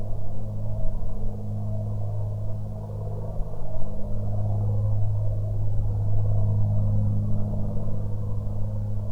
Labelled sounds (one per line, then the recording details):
aircraft
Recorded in the Prudhoe Bay oil fields, Alaska, on 15 June 2019 at 10:28
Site 16